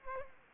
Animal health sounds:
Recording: mosquito wingbeat signal from an infrared sensor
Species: Aedes aegypti

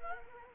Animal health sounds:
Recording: mosquito wingbeat signal from an infrared sensor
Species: Culex quinquefasciatus

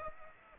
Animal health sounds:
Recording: mosquito wingbeat signal from an infrared sensor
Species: Aedes aegypti

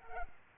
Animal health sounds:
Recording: mosquito wingbeat signal from an infrared sensor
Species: Culex pipiens

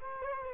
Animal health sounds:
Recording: mosquito wingbeat signal from an infrared sensor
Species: Culex quinquefasciatus

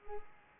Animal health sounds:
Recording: mosquito wingbeat signal from an infrared sensor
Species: Culex pipiens

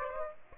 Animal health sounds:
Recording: mosquito wingbeat signal from an infrared sensor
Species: Aedes aegypti

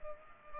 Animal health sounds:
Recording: mosquito wingbeat signal from an infrared sensor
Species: Culex pipiens

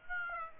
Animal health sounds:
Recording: mosquito wingbeat signal from an infrared sensor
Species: Aedes aegypti

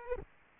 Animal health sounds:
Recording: mosquito wingbeat signal from an infrared sensor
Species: Aedes aegypti

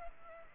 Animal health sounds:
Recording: mosquito wingbeat signal from an infrared sensor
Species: Culex pipiens

